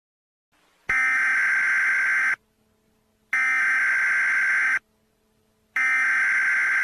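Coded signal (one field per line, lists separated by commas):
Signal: Emergency Alert System (SAME) tones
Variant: header bursts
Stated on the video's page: Fictional nuclear attack EAS scenario, not a real alert.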